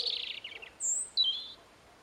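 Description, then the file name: European robin, a short burst of high, thin trilled notes followed by two sharp whistled slurs, one high and one clearly lower. "Erithacus rubecula"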